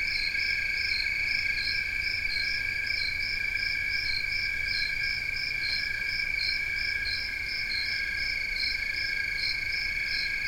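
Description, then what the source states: Crickets chorus steadily: two unbroken high trills run throughout while a higher pulsed chirp repeats regularly, layered from more than one insect. Recorded 16 August 2021, 4:00-4:30 am; possibly three cricket species (Western trilling cricket, fall field cricket, a tree cricket).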